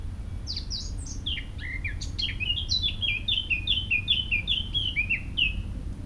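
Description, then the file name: Eurasian blackcap song: a short scratchy start, then a rich series of fluting notes slurring downward in a steady flow. "Sylvia atricapilla"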